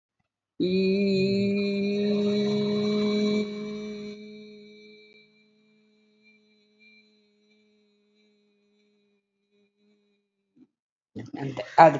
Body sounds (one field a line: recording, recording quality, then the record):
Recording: sustained vowel as in beet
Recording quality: excellent, no background noise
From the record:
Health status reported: healthy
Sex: female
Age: 59 years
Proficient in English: no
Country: India